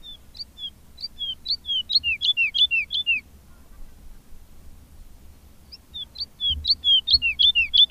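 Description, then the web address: Woodlark song: two phrases of soft, liquid notes that begin sparse and quicken into a descending cascade of slurred whistles, separated by a pause of about two and a half seconds. "agykontroll Madardalok Cd 2. Erdei pacsirta"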